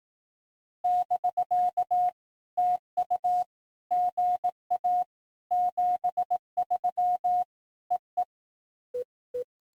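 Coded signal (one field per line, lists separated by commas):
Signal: Morse code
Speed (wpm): 18 wpm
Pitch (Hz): 720 Hz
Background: none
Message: <BK> TU GA 73 EE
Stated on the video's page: Simulated CW park activation practice.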